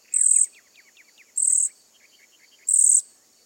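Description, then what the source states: Cedar Waxwing: three high, thin trilling bursts at about 1.3-second intervals, with faint lower downslurred notes in between. Quiet voice; song only a very soft trilling, fairly hard for people to hear; high-pitched trills and buzzy calls keep flock members in touch.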